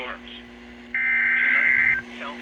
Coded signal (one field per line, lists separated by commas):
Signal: Emergency Alert System (SAME) tones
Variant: header bursts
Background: speech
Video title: Alerts of the Week: S1 Ep 7: Week of 9/27/21 (Old EAS 374-397)